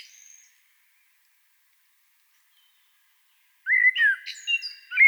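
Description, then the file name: Common blackbird song: a faint high trailing note, a long silence, then a mellow downward-sliding whistled phrase with thin high notes above it. "Turdus merula"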